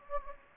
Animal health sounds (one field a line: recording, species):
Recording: mosquito wingbeat signal from an infrared sensor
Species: Anopheles gambiae